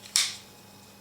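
The steel blade of a Spyderco Squeak slip joint folding knife is closed and opened in one step, with no lock to push or twist, and snaps into its detent in the handle. A single sharp, bright click lands at 0.2 s, strongest above 1 kHz, and fades within about a quarter second over a faint steady hum. The blade seats firmly in position.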